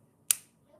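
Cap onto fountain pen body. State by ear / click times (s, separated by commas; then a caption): seated / 0.3 s. A cap is pushed onto the body of a fountain pen and seats with a single sharp snap at 0.3 s. The click is bright and crisp with a short decaying tail over a quiet low background hum.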